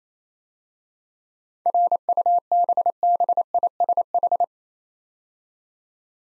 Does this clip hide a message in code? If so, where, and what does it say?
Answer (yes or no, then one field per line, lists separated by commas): yes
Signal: Morse code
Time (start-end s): 1.7-4.4 s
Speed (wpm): 27 wpm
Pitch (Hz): 700 Hz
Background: none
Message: RUBBISH